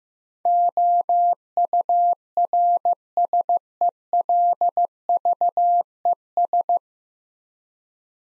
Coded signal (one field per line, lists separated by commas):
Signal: Morse code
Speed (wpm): 16 wpm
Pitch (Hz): 700 Hz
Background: none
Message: OURSELVES